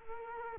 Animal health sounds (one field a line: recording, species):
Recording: mosquito wingbeat signal from an infrared sensor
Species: Culex quinquefasciatus